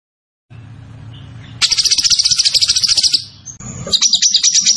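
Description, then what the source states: Zebra finch song: a loud, rapid, buzzy trill of high notes lasting about two seconds, then a scratchier chattering phrase, over a low hum. Master recording for training cage birds; the bird is described as gacor (singing constantly).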